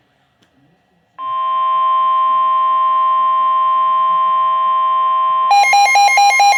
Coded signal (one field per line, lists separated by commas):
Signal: Emergency Alert System (SAME) tones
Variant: 1050 Hz attention tone